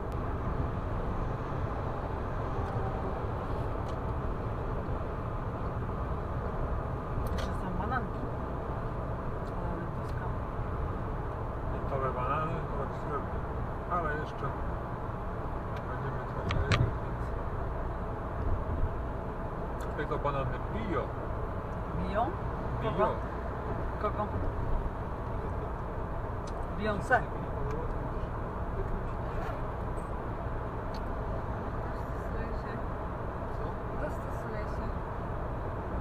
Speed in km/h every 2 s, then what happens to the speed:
118, 119, 119, 117, 115, 112, 110, 108, 105, 105, 105, 105, 105, 106, 105, 105, 105, 106.
0-16 slows to 105. 16-36 steady at about 105.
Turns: none.